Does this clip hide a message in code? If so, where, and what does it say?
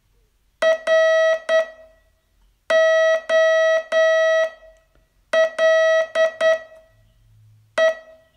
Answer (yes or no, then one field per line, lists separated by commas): yes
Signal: Morse code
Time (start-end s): 0.6-7.9 s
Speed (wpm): 9 wpm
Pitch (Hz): 640 Hz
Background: none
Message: ROLE